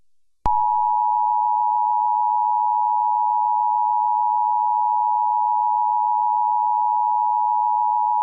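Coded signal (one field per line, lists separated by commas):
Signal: Emergency Alert System (SAME) tones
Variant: 853 and 960 Hz attention tone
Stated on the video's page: Fictional joke EAS alert.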